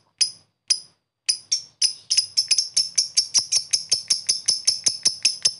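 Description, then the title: Lovebird chatter opening with a few separate sharp notes, then quickening into a fast, steady run of shrill, clipped chirps. Lovebird giving long 'ngetik ngekek' chatter; a master recording (masteran) for training other birds. "Love bird ngetik ngekek"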